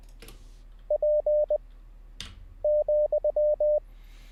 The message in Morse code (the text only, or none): P,